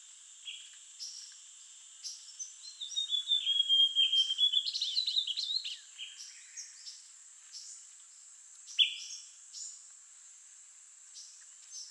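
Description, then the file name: Amazonian grosbeak singing a sliding, warbled whistled phrase lasting about three seconds, followed by short chirps, with a constant high-pitched insect hum behind. "Amazonian Grosbeak Cyanoloxia rothschildii"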